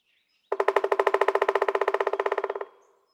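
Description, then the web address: Pileated woodpecker: a loud, fast, evenly spaced run of about thirty hard notes lasting two seconds, fading slightly toward the end. "birdsongforthecurious. Pileated Woodpecker"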